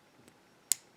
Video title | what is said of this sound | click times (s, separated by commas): (picking 54) Introduction to lock picking - demonstration and simulation (for beginners / newbies) | you heard that click so I think it is set | 0.7 s